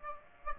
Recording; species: mosquito wingbeat signal from an infrared sensor; Aedes aegypti